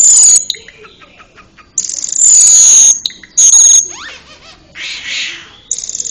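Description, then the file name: Asian pied starling giving loud, harsh, hissing bursts with high thin whistles, broken by quieter chattering and a short rising trill. "cucak keling"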